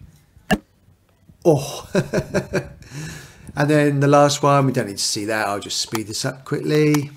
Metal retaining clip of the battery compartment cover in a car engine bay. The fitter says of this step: naar beneden en luister naar de mooie klik, oh, en